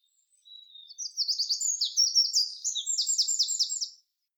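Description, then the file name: Eurasian wren giving a single brisk song phrase, opening with a thin note, then loud high trills and twitters for about three seconds. "Troglodytes troglodytes"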